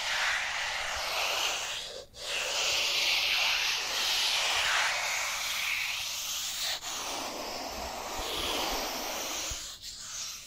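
Dry hands rub together in a steady, dense, bright hiss that sounds almost like a rushing roar. The friction runs nearly continuously, with brief breaks at about two seconds, near seven seconds and again near ten, where the rubbing pauses and restarts.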